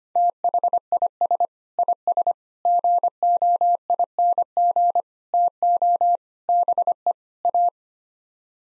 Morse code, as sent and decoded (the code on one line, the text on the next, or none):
- .... .. ... / .. ... / --. --- .. -. --. / - --- / -... . / .-
THIS IS GOING TO BE A